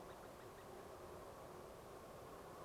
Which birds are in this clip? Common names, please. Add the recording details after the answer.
Common Cuckoo. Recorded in France